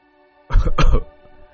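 A dry cough from inside a house: two rough, harsh bursts in quick succession, fairly loud, with no talking, then quiet.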